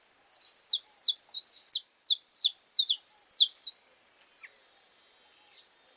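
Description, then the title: Belgian canary giving a short burst of quick, sliding high whistled notes, then stopping, leaving faint background noise and a steady high tone. Purebred Belgian canary. "Canto Do Canário Belga Puro"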